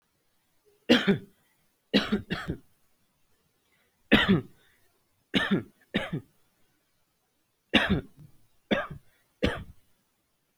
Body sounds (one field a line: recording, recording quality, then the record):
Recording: heavy voluntary cough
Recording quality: excellent, no background noise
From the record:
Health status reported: exposed to COVID-19, no respiratory illness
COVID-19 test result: negative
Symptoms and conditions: cold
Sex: male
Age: 25 years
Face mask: not worn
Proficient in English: yes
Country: India